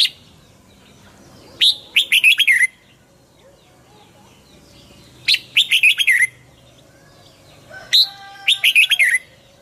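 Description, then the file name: Red-whiskered bulbul singing three lively warbled phrases of quick rising and falling chirps, each roughly a second long and separated by quiet pauses. Hue strain red-whiskered bulbul singing in the 'giọng kép' (double voice) song style. "Tieng chao mao hue hot giong kep"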